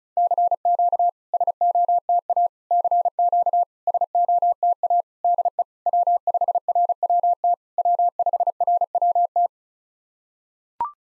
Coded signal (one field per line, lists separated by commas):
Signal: Morse code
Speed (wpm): 36 wpm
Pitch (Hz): 700 Hz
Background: none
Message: CQ SOTA CQ SOTA DE W5RWT W5RWT